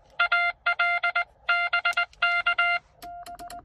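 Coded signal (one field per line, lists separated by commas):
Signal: Morse code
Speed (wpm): 19 wpm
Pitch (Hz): 1390 Hz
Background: none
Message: AL BK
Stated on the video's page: QRP CW POTA activation at 5 watts from a Xiegu X6100, keyed with a home-brew cootie sideswiper, on 15 and 20 meters.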